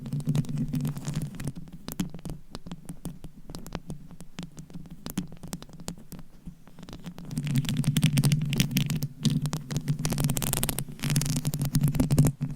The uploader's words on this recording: ASMR Tingly Mic Tapping & Scratching to Help You Fall Asleep No Talking.